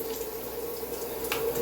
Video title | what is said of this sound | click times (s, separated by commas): The Shower Upgrade Everyone Needs | Just turn this until you hear a click. | 1.3 s